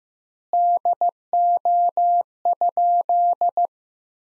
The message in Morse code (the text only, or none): DO?